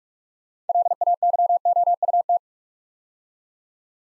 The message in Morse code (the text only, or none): LAYOUT